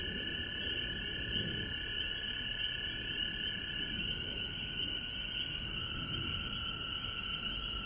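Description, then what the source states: Frogs in chorus giving a sustained high trill; a lower steady tone shifts pitch partway through, over rumbling low background noise. Frogs recorded at home in Georgia on March 19, 2020.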